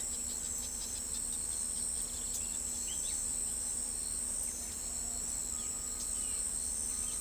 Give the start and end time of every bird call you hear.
0.00s-2.64s: Wattled Jacana

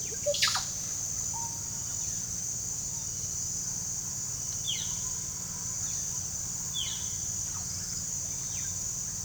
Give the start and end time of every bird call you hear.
0.01s-1.54s: Russet-backed Oropendola
4.56s-9.24s: Violaceous Jay
7.28s-8.87s: Russet-backed Oropendola
7.51s-8.14s: Tropical Kingbird

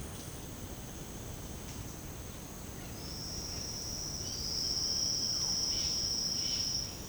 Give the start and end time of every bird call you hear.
2.94s-6.96s: Silvered Antbird
4.15s-7.09s: Roadside Hawk

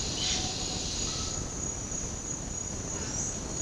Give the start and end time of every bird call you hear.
0.16s-0.56s: Yellow-rumped Cacique
3.07s-3.62s: Yellow-rumped Cacique

